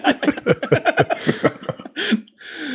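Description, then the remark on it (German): Someone clears their throat: a run of rough, rhythmic voiced rasps followed by a harsh, breathy burst and a short noisy exhale, with no talking. “Möchte auch jemand sich räuspern? Gut, habe ich nochmal erledigt.”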